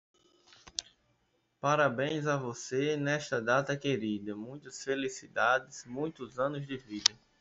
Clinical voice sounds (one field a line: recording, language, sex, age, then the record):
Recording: short text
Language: Brazilian Portuguese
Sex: male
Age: 30 to 39 years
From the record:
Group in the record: control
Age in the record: 35 years